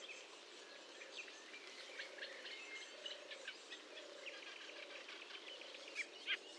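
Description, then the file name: Marsh warbler song: a faint, continuous chatter of rapid, varied high notes, over low drawn-out tones that repeat about once a second. Recorded at Fourneau, Fontaine-Française, France, on 1 June 2022 at 10:55, using Nagra recorder and Telinga equipment. "Rousserolle verderolle 20220601 1055 Fontaine-Francaise-Fourneau-Nagra-Telinga"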